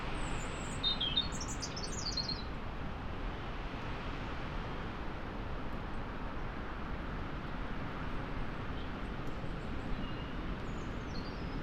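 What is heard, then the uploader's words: Winter gales roar steadily through moorland forest, a dense, even rush of wind from deep rumble up to a hiss, with little change in level across the twelve seconds. A few high bird chirps break through early on, around the first two seconds. Moorland forest mid winter gales. To be half way up a lonely Peak District moor, off the puddled track, looking down, into a mixed plantation of tall murmuring trees. Scots pine and spruce.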